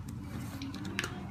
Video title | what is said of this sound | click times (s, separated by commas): 2007 Lexus is250 $140.00 Fuel Pump Repair hack! | It just pops right in as soon as you get it lined up. | 1.0 s